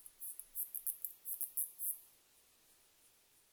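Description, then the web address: Japanese katydid song: a quick series of very high, short buzzy pulses lasting about two seconds, then quiet. Recorded 15 July 2004. "2004 040715 yabukiri"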